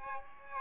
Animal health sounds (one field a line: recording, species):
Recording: mosquito wingbeat signal from an infrared sensor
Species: Aedes aegypti